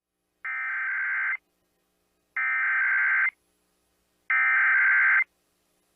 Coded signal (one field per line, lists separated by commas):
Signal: Emergency Alert System (SAME) tones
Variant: header bursts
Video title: A Short Testing Thursday (EAS #23274-23283) 11/7/24